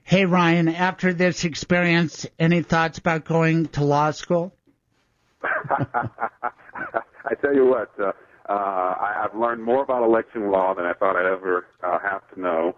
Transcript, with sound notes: Hey, Ryan, after this experience, any thoughts about going to law school?
[laughs] I tell you what, I have learned more about election law than I thought I’d ever have to know.